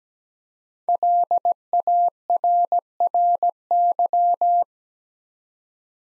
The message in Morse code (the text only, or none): LARRY